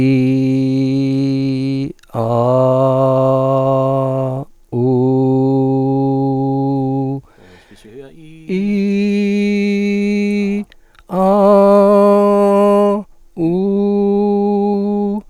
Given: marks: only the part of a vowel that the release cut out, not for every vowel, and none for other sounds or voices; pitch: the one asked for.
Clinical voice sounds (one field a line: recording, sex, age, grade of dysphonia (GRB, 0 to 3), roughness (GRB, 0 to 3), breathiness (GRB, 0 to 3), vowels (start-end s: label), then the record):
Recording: sustained vowels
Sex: male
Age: 60 to 69 years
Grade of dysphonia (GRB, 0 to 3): 2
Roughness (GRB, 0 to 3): 2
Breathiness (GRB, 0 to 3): 0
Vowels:
0.00-1.71 s: vowel /i/, normal pitch
2.37-3.63 s: vowel /a/, normal pitch
5.02-6.18 s: vowel /u/, normal pitch
8.72-10.40 s: vowel /i/, high pitch
11.19-12.93 s: vowel /a/, high pitch
13.43-14.89 s: vowel /u/, high pitch
From the record:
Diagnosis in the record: contact pachydermia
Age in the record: 65 years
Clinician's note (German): Beidseitig, verlängerte Schlußphase